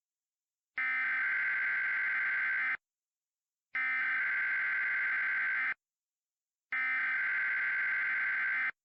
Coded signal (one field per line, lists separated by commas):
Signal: Emergency Alert System (SAME) tones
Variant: header bursts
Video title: *VALID TONES* The Great Buffalo Tornado (EAS Scenario)